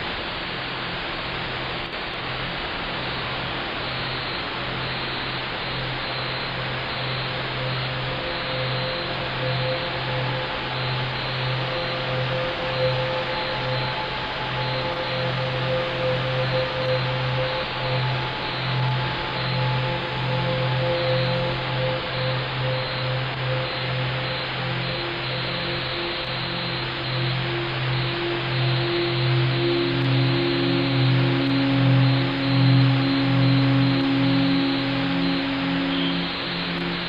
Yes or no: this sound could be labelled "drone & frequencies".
yes